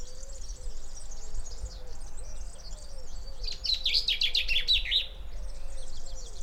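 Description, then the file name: Common chaffinch song, a quick descending run of bright chirpy notes lasting under two seconds, over a steady series of low soft hooting notes and background hiss. "Fringilla coelebs"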